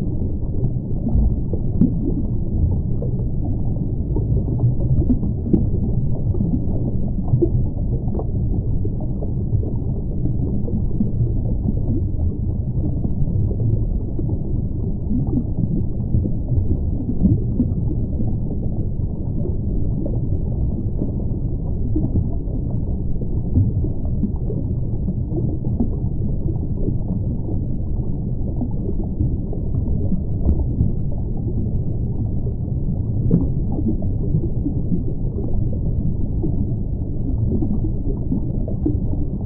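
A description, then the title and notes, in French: An underwater ambience: a steady, dense low rumble fills the whole clip, with nothing above a muffled midrange. Faint thuds and soft knocks drift through the murk at irregular moments, and the level stays even from start to finish. Ambiance sous-marine.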